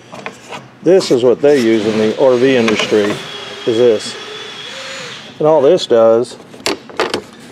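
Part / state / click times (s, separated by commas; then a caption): plastic insert trim into trim channel / seated / 6.7 s, 7.0 s. Someone talks while demonstrating the plastic insert trim used in the RV industry, pressing it into its grooved trim channel amid light rubbing. The trim snaps into the channel with sharp clicks at about 6.7 and 7.0 seconds, and it is seated.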